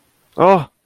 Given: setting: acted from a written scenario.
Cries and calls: vocal sound without words; distress

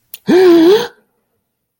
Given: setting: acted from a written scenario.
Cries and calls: vocal sound without words; positive surprise

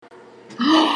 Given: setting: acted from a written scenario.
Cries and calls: vocal sound without words; awe

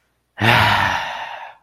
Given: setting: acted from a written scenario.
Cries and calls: vocal sound without words; ecstasy

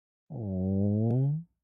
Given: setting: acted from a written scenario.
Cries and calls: vocal sound without words; embarrassment

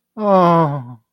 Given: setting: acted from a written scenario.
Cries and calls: vocal sound without words; disappointment

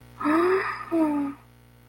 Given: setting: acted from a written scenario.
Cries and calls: vocal sound without words; negative surprise

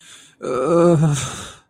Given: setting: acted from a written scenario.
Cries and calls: vocal sound without words; sadness

